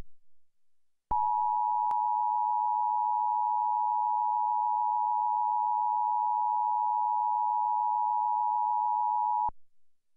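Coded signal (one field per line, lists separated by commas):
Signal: Emergency Alert System (SAME) tones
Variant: 853 and 960 Hz attention tone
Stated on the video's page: Real tsunami warning activation for San Francisco after the Tōhoku earthquake, a recording of a legitimate broadcast alert.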